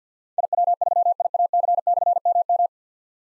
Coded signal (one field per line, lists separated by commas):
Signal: Morse code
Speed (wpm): 48 wpm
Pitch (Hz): 700 Hz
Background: none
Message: IW3IAC/MM